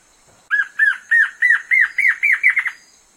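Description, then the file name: Black-crested antshrike song: about nine arched, nasal notes that speed up and rise slightly in pitch, running into a short rattle, over a faint steady high hiss. "Canto da choca de crista preta"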